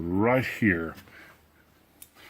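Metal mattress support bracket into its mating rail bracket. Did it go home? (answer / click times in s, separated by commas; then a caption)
yes / 2.0 s. Someone talks, then a metal mattress-support bracket hooks into its mating half, one screwed to the bed rail and the other to the center 2x4 or 2x6 support. A short, sharp metallic click is heard at 2.0 s as the bracket locks into place.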